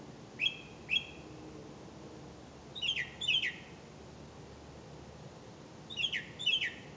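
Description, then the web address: Bird calls: paired high chirps, each with a buzzy tail, repeated in three bursts of two throughout over soft background hiss. "misc bird"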